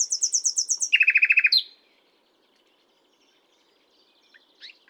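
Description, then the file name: Common nightingale delivering a rapid string of high repeated notes dropping to a lower fast trill, followed by near silence and a few faint notes. "Luscinia megarhynchos"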